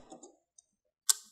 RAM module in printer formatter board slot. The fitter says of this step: if you take these pieces and you pull them to the side they'll flare out this Ram will naturally pop up at about a 45° angle